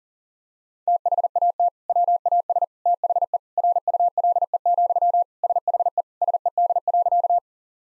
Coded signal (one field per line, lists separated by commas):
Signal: Morse code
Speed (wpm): 40 wpm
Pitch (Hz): 700 Hz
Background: none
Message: THAT WAS THE RULE, SHE SED.